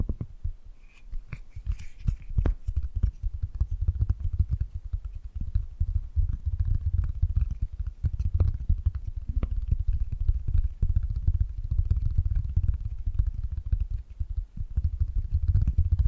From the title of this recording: Tapping and Gripping Sounds